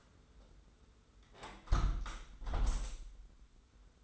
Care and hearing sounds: daily activity, microphone in the room; close window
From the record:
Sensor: 3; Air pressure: 991.3 hPa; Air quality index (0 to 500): 130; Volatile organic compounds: 172 ppm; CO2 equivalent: 4112 ppm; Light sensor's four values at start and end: 49/134/55/48 and 49/134/55/48

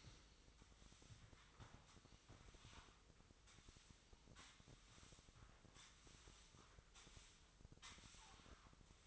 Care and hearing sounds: daily activity, microphone in the room; sweep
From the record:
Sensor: 3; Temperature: 24.8 degrees Celsius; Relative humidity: 38.3%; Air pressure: 1003.1 hPa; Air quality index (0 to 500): 196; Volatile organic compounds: 6 ppm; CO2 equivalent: 1913 ppm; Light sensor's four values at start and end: 17/41/17/18 and 17/42/18/19

